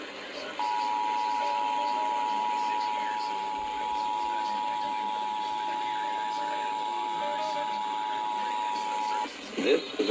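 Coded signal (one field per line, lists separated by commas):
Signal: Emergency Alert System (SAME) tones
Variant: 853 and 960 Hz attention tone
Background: speech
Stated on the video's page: Monthly tests relayed by radio stations, one originated five minutes early with a pre-roll message inserted between attention tones.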